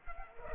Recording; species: mosquito wingbeat signal from an infrared sensor; Culex pipiens